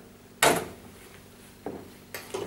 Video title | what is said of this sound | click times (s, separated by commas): Tumble dryer door wont shut start, latch or catch broken how to replace | when you shut the door it locks straight away | 0.4 s